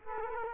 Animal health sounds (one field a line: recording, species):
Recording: mosquito wingbeat signal from an infrared sensor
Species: Culex quinquefasciatus